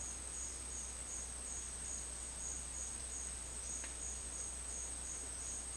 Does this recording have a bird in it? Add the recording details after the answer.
no. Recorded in secondary vegetation near Puerto Asís, Putumayo, Colombia, on 29 June 2025 at 12:00. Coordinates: 0.499, -76.323. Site G077